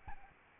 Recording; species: mosquito wingbeat signal from an infrared sensor; Aedes albopictus